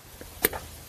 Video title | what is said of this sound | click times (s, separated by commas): Replace Chrysler Town & Country 62TE Transmission (Torque Specs, Quicklearn, Flush Cooler and more!) | and what'll happen is you should feel this clip click in place | 0.4 s